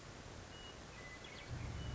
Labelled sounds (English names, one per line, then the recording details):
Western Meadowlark
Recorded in Sonoma County, California